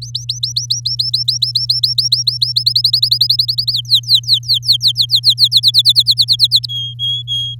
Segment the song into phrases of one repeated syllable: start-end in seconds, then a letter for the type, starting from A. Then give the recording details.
0.02-2.52 A, 2.56-3.72 B, 3.73-5.48 C, 5.52-6.66 D, 6.69-7.55 E. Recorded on 8 May 2018 at 05:56. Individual llb16